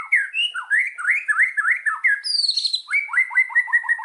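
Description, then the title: White-rumped shama song of quick whistled rising and falling notes, one sharp high descending note midway, then a rapid series of repeated short whistles. Recording used as a lure to provoke other white-rumped shamas into responding; the bird is described as singing vigorously (gacor). "PANCINGAN MURAI BATU GACOR"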